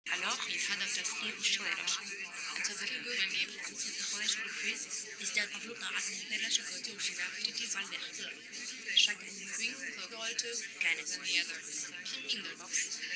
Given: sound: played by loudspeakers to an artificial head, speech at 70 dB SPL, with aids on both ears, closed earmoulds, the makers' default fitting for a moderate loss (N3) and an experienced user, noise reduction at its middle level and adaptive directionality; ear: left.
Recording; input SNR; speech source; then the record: speech test signal (ISTS) in cocktail-party noise; -6 dB; in front (0 degrees)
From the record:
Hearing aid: class 1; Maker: J